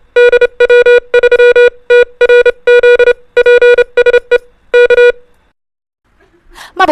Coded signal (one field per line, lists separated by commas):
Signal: Morse code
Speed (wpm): 30 wpm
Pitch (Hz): 480 Hz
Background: music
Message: DW3TRZ PSE K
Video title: THE PHILIPPINES IS NOT IN ASIA | A DIFFERENT WORLD OF AMATEUR RADIO